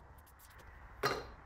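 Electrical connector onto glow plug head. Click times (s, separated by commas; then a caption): 1.1 s. An electrical line connector on a VW Caddy is pushed onto the head of a glow plug. A sharp click at 1.05 s shows the connector is fully seated. Before that there are only faint, low ticking sounds.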